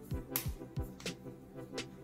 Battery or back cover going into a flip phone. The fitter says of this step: get your little click sound here